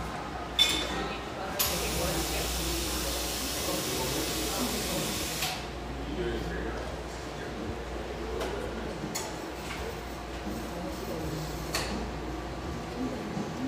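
Cafe ambience of murmured talk, with a loud steaming hiss from about two to five seconds and occasional sharp clacks and knocks throughout.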